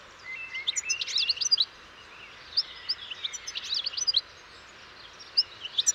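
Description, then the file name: European goldfinch song: two fairly quiet passages of fast, high twittering and chattering notes, separated by a short pause, over background hiss. "Carduelis carduelis"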